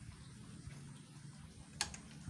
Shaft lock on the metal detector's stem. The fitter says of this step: Ada ininya untuk ini kita tekan. Ya, sudah terkunci.